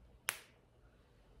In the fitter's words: Vocês puderam ouvir o clique do encaixe delas.